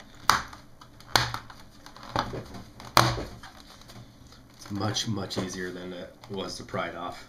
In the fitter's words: peddling here we're just going to snap it back in place